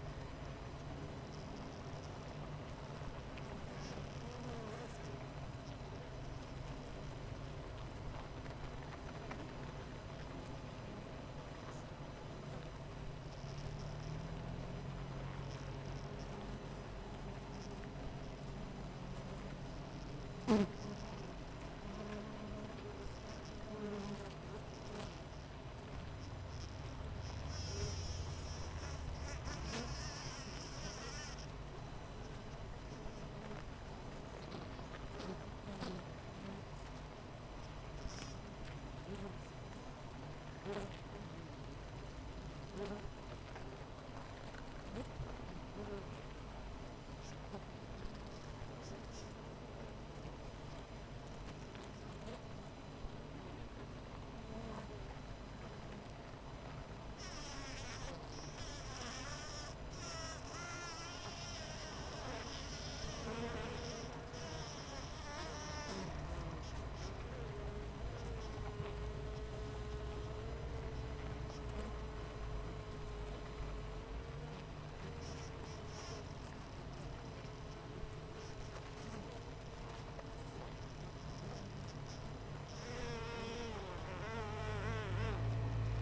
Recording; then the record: honeybee colony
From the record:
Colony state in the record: missing queen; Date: 14 July 2017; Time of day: 7:44